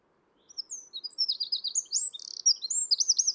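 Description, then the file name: Eurasian wren song: a rapid high phrase of chirps and slurs with a brief buzz, ending in repeated trilled notes. "Troglodytes troglodytes"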